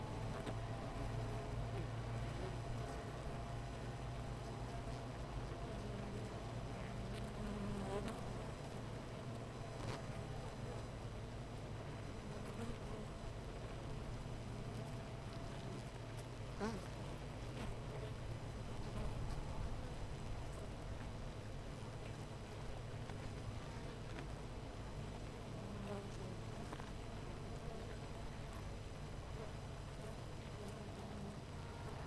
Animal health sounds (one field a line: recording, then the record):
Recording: honeybee colony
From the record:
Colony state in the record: missing queen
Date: 14 July 2017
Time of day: 8:10